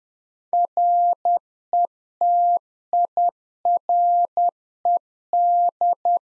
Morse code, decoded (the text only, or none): RETIRED